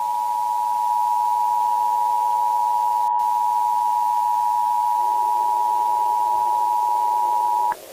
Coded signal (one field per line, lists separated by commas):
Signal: Emergency Alert System (SAME) tones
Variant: 853 and 960 Hz attention tone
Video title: EAS Scenario - The Unknown REMASTERED